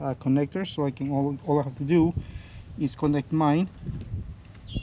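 Someone talks while handling a plastic aftermarket speaker adapter harness connector, about to join it to the car door speaker wiring plug during a Ford Focus speaker upgrade. A brief faint tick is heard near 4.5 s. The clip ends before the connector goes home, and nothing has seated or clicked yet.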